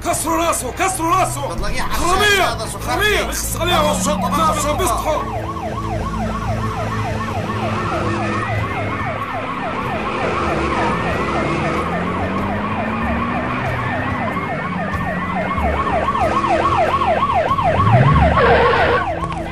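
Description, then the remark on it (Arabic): A police siren wails as the police arrive, in rapid, rising-and-falling sweeps that repeat steadily, loud over a busy jumble of noise and overlapping voices at the start. “هيو اجت الشرطة.”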